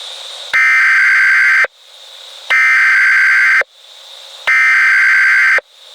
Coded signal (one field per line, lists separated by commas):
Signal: Emergency Alert System (SAME) tones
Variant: header bursts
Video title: Fake EMERGENCY ALERT SYSTEM Tornado Warning For Muskingum County